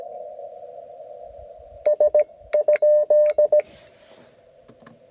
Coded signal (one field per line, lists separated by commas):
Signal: Morse code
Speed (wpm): 16 wpm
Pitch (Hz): 590 Hz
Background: none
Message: S?